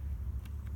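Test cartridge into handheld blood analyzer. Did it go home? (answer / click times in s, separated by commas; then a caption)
no / none. A filled plastic test cartridge is being handled at the slot of a handheld blood analyzer, with a steady low hum throughout and a few faint, brief rustling ticks. The clip ends before the cartridge goes in, so nothing has seated or clicked yet.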